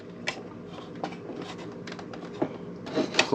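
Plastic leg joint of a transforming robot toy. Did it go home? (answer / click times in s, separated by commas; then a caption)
yes / 3.2 s. A plastic leg on a large Transformers Star Optimus Prime (Star Convoy) transforming robot toy is folded closed, with light plastic handling clicks and rubbing throughout. The leg joint locks into place with a sharp click at 3.2 s.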